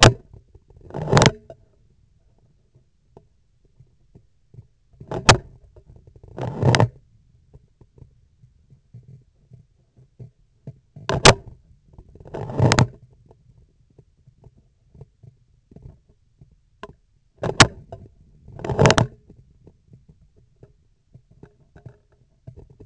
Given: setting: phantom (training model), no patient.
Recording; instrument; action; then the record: laparoscopic instrument, vibration sensor on the handle end; scissors; opening and closing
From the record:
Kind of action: tool actuation without material contact